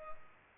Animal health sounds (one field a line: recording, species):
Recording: mosquito wingbeat signal from an infrared sensor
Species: Culex pipiens